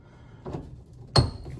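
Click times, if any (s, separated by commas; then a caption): 1.2 s. An outer rubber window trim piece with plastic clips is pressed onto the window edge of a Suzuki Jimny car door. A softer sound comes at 0.5 seconds, then a sharp, loud snap at 1.2 seconds as the clips seat into place.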